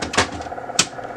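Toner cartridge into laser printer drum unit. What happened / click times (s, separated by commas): The cartridge clicked into its holder / 0.8 s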